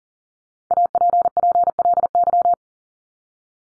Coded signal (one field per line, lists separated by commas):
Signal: Morse code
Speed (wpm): 40 wpm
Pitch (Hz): 700 Hz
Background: none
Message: APPLY